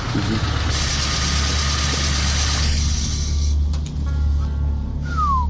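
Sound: car pulling up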